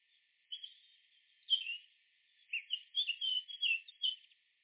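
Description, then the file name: Eurasian blackcap singing a varied, rapid warble of scratchy and fluty notes, broken into short bursts over a few seconds. "Sylvia atricapilla"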